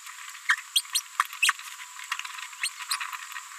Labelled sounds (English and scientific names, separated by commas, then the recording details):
Green-rumped Parrotlet (Forpus passerinus) babbling
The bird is a female
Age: 31 days
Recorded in a nest box in Venezuela
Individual 17B73B2